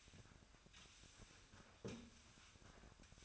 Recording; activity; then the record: daily activity, microphone in the room; sweep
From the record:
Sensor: 2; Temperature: 24.5 degrees Celsius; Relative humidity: 39.5%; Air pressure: 1003.0 hPa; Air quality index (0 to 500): 199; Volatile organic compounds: 6 ppm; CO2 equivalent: 1891 ppm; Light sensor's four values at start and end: 11/26/11/12 and 11/26/11/12